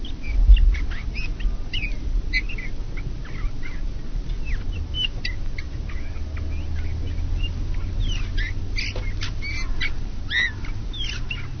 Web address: chants Bouvreuil pivoine